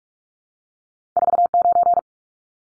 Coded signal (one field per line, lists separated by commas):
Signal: Morse code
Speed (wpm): 44 wpm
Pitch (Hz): 700 Hz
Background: none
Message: 49